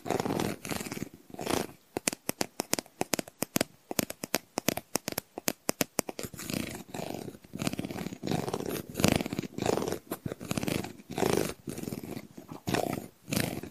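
Tapping and scratching on Christmas decorations, more or less intense. Quick, crisp taps come in dense rapid runs through the first half, then give way to longer, rougher scratching strokes mixed with sharp taps, with brief silent gaps between bursts.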